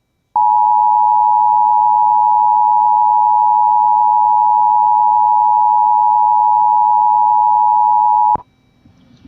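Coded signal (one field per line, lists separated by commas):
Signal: Emergency Alert System (SAME) tones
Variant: 853 and 960 Hz attention tone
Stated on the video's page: Tornado warning SAME tones followed by a live voice message.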